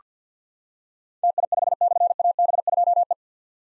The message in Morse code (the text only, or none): TI5/AB2E